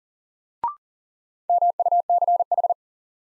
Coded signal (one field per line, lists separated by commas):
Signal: Morse code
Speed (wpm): 40 wpm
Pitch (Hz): 700 Hz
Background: none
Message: MUCH